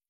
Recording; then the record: hydrophone in a shrimp aquaculture tank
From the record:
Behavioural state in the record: stressed